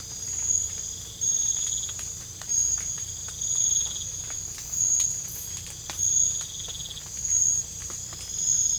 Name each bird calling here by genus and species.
none